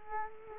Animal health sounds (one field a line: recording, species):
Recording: mosquito wingbeat signal from an infrared sensor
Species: Culex quinquefasciatus